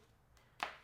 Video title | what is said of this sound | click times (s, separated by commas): The BEST LEATHER CASE For The iPhone 16 Pro Max!! - Bullstrap Contemporary | very nice click on to all four corners with that full grain leather and the polycarbon underneath you definitely do not have to worry about your phone falling out of the case when you are to drop | 0.6 s